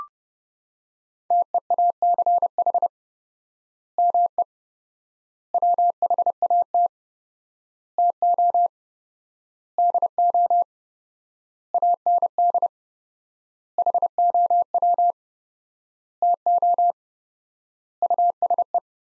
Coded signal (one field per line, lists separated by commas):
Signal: Morse code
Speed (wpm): 30 wpm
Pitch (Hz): 700 Hz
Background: none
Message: TEACH ME WHAT TO DO AND HOW TO USE